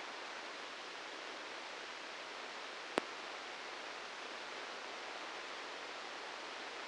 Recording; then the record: brain microelectrode recording played as sound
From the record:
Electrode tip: inside the subthalamic nucleus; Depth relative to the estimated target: -3 mm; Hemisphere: left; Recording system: NeuroSet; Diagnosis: Parkinson's disease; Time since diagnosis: 19 years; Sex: female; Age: 69 years